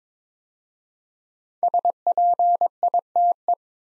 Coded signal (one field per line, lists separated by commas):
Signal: Morse code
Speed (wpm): 21 wpm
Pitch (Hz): 700 Hz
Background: none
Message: SPITE